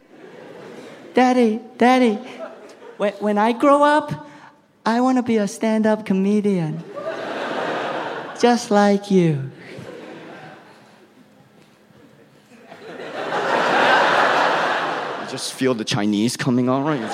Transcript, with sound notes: Daddy, Daddy, when I grow up, I want to be a stand-up comedian...
(LAUGHTER)
...Just like you.
(LAUGHTER)
I just feel the Chinese coming on right